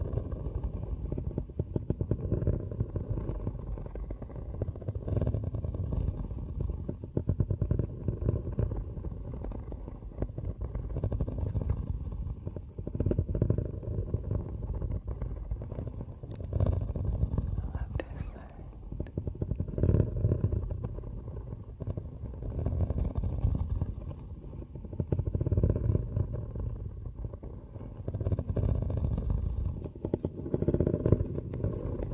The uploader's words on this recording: Deep Ear ASMR - Intense Relaxation Headphones, Ear Muffs, Tapping & Scratching.